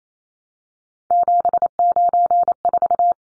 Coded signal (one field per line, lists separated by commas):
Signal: Morse code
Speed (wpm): 28 wpm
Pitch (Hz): 700 Hz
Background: none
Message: 794